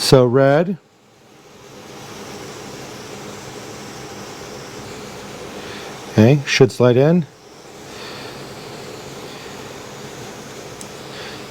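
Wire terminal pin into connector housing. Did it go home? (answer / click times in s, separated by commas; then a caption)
yes / 10.8 s. A red wire's terminal pin is slid into the plastic connector housing for a Custom Dynamics saddlebag latch light on a 2024 Harley-Davidson Road Glide until it locks in. Someone talks at the start and again around 6–7 s over a steady background hiss. A short, sharp click at 10.8 s marks the pin seating in the housing.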